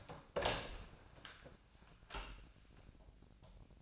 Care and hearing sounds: daily activity, microphone in the room; open door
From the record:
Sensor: 2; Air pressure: 1009.1 hPa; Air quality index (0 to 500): 178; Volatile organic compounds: 2 ppm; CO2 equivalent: 1296 ppm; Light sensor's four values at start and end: 34/89/38/40 and 34/89/38/41

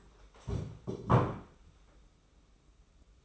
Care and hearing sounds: daily activity, microphone in the room; stand up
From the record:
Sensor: 1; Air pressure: 991.7 hPa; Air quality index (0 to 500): 164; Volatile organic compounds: 1000 ppm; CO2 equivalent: 6138 ppm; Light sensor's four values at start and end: 31/104/40/41 and 30/101/39/40

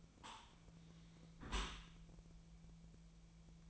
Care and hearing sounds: daily activity, microphone in the room; close dishwasher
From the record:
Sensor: 1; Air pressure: 1000.6 hPa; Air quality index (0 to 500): 181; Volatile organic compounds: 4 ppm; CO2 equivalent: 1671 ppm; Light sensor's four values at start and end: 13/33/13/16 and 13/33/14/16

